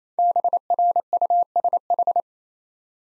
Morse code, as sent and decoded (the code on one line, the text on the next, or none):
-... .-. ..- ... ....
BRUSH